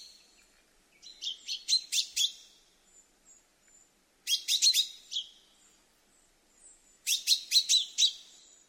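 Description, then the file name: Common chaffinch calls: three clusters of rapid, sharp high chirps, each burst lasting about a second, separated by quiet gaps. "Fringilla coelebs"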